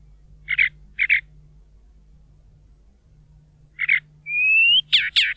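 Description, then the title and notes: Chalk-browed mockingbird song: a few short harsh buzzy notes, then a pure rising whistle and loud scratchy phrases, with gaps of silence between. Most common mockingbird around Bahía Blanca, Argentina; famed songster imitating other birds' voices, even human noises and whistles; breeds spring to summer; inhabits wooded areas, open woodland, fields, plazas. "Museo de Ciencias de Bahía Blanca. Calandria Grande (Mimus saturninus) Es la más común de las calandrias de la zona. Sorprende por su facultad de imitar la voz de otras aves, inclusive ruidos y silbidos humanos"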